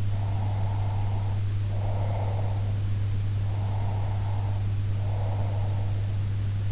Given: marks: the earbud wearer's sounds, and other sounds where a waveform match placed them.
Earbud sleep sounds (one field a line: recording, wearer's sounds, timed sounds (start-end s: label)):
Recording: sounds in sleep by an in-ear microphone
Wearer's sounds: breath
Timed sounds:
0.14-2.80 s: breath
3.46-6.14 s: breath